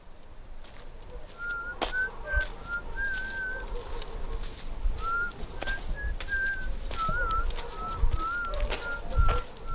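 A person whistles a steady, mid-pitched tune of short wavering notes in two phrases, with a brief pause between them, over a rustling background with occasional sharp clicks and low thumps.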